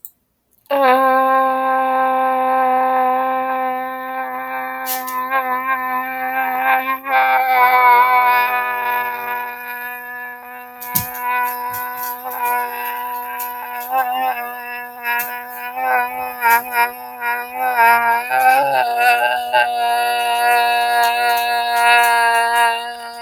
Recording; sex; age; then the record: vowel held as long as possible; female; 20 to 29 years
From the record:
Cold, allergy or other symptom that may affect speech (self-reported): no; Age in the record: 23 years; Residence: Indiana, United States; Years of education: 12